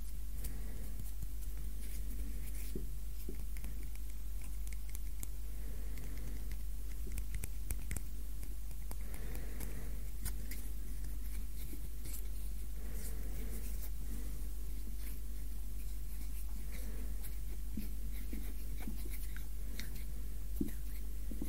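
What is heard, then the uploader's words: Hand sounds: skin rubbing and brushing with frequent soft crinkly taps and clicks scattered through the whole clip, some brief sharper snaps standing out. A steady low hum sits underneath, and the level stays even throughout. ASMR HAND SOUNDS, INTENSE HAND SOUNDS, ASMR HAND MOVEMENTS.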